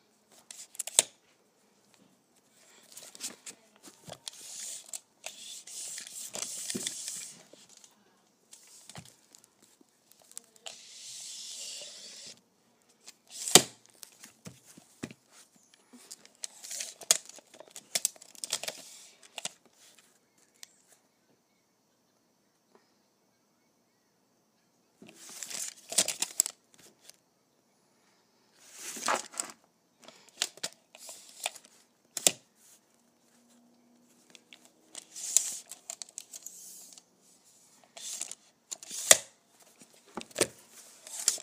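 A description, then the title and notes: A tape measure is pulled out and handled in bursts of bright rasping and clicking, with sharp snaps around 13 and 29 seconds. Active stretches alternate with near-silent pauses, the longest from about 21 to 25 seconds, and a faint low hum shows near 33 seconds. ASMR Pulling my Tape Measure.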